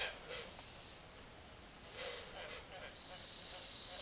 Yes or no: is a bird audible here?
yes